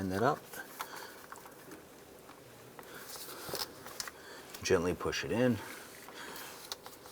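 A new variable valve timing solenoid for a 2004-2012 Chevrolet Colorado is lined up with its bore in the engine cylinder head before being pushed in, while someone talks. A few short, light handling taps and knocks are heard. Nothing has seated or clicked yet.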